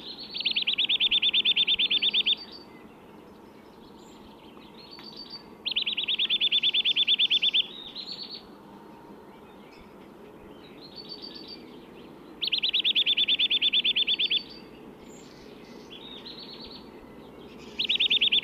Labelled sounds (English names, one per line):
Eurasian Nuthatch song